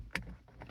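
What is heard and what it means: A camera cable plug, routed around the side of an AZDOME PG17 Pro mirror dash cam, is pushed into the dash cam's port. A sharp click at 0.2 s marks it seating, followed by a few fainter taps as it settles. The plug is confirmed seated.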